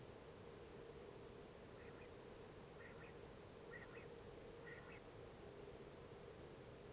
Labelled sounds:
Common Quail (Coturnix coturnix)
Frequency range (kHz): Common Quail (Coturnix coturnix) 1.0-3.2 kHz
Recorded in France

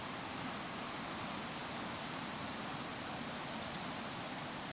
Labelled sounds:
none
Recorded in France

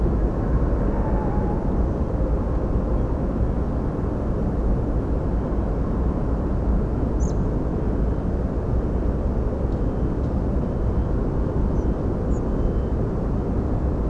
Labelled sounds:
Tawny Owl (Strix aluco), Spotted Flycatcher (Muscicapa striata)
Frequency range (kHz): Tawny Owl (Strix aluco) 0.8-1.1 kHz; Spotted Flycatcher (Muscicapa striata) 3.2-8.3 kHz
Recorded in France

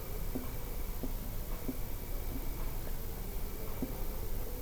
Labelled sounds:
none
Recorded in France

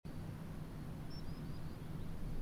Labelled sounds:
Common Sandpiper (Actitis hypoleucos)
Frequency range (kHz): Common Sandpiper (Actitis hypoleucos) 3.4-5.6 kHz
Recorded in France

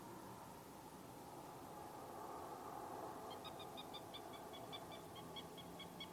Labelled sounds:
Common Moorhen (Gallinula chloropus)
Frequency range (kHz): Common Moorhen (Gallinula chloropus) 1.3-5.7 kHz
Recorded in France

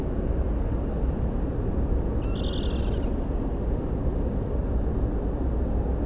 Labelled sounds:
Water Rail (Rallus aquaticus)
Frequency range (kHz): Water Rail (Rallus aquaticus) 1.3-8.9 kHz
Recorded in France

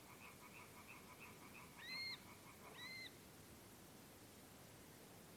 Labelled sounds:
Little Grebe (Tachybaptus ruficollis)
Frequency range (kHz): Little Grebe (Tachybaptus ruficollis) 1.6-4.4 kHz
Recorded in France

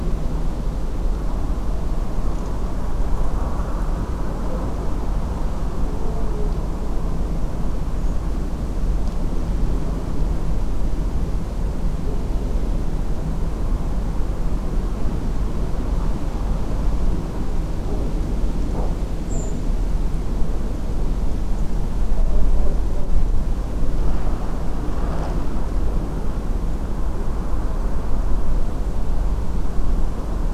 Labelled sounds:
Redwing (Turdus iliacus)
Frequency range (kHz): Redwing (Turdus iliacus) 6.8-8.1 kHz
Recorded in France

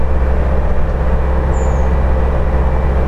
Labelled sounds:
Redwing (Turdus iliacus)
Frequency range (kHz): Redwing (Turdus iliacus) 6.1-8.0 kHz
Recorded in France

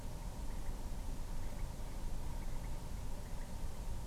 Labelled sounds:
Common Moorhen (Gallinula chloropus)
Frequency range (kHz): Common Moorhen (Gallinula chloropus) 1.4-2.4 kHz
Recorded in France

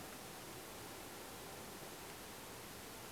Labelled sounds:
none
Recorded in France

